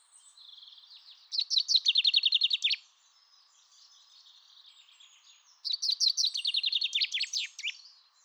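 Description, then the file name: Common chaffinch song: two bright, fast descending trills of rattling notes, each ending in a sharp flourish, with faint softer twittering in between. "Fringilla coelebs"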